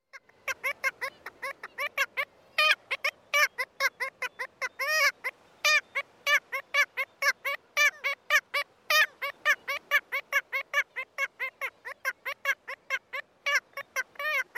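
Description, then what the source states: Kittiwake choking call: a rapid, steady series of many short harmonic notes, each slightly arched in pitch. Close-up recording; choking call, part of the pair's courtship; also used by the male earlier in spring to attract the female to a nest site.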